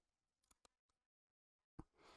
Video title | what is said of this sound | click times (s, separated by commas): Pop On Veneers can make miracles happen! 🤩 | and snap right in so you know that perfect fit | 1.8 s